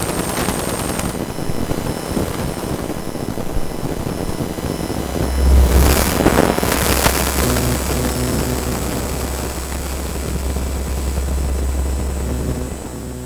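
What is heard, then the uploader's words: A transducer picks up laptop keyboard activity as a dense, crackling stream of small clicks over a steady low hum. Around six to seven seconds a brighter hissing burst swells up, and a deep droning tone holds from about five seconds nearly to the end. CroMagnet Transducer picking up laptop keyboard frequencies.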